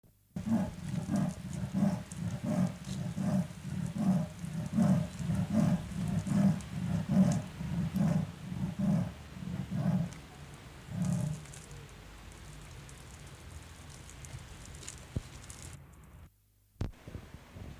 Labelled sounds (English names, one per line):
Leopard call